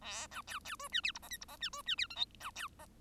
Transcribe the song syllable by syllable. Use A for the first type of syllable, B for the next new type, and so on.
A B C C D E F G H I G H E D E F J K B C H